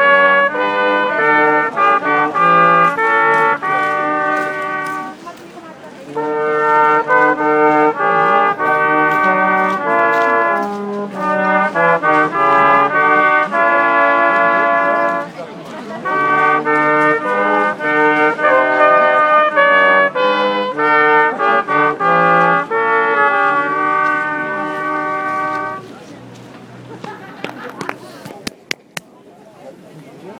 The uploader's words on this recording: Sounds from a Xmas market at Weihnachtsmarkt vor dem Schloss Charlottenburg by Dave Haynes.